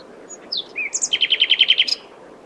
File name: Luscinia megarhynchos